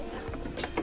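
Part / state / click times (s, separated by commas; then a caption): embroidery attachment into embroidery machine / not seated / none. A plastic embroidery attachment is slid back into a Brother embroidery machine, with faint plastic knocks and scrapes at about 0.3, 0.4, 0.6 and 0.8 seconds over steady background music. The attachment has not seated or clicked into place yet.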